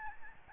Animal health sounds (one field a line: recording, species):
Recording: mosquito wingbeat signal from an infrared sensor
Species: Aedes albopictus